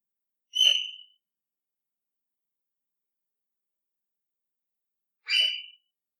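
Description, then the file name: Bird calling twice with short sharp whistles about five seconds apart, silence between the notes. Recorded at night, 13 July 2015, around 02:17. "Yoru Naku Tori 20150713-021708"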